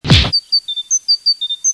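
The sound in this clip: Bird chirping: a sharp knock at the start, then a rapid series of several short, high, thin tweets at an even pace.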